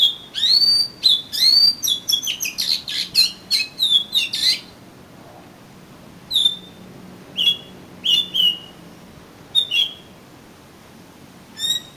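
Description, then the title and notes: Oriental magpie-robin song, a rapid dense run of whistled notes at first, then spaced whistles. "suara kacer. kumpulan suara burung kacer"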